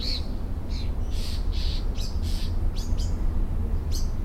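Mockingbird song: a quick run of varied phrases, a whistle, short harsh chips and sharp downward strokes in changing succession, with low rumble underneath.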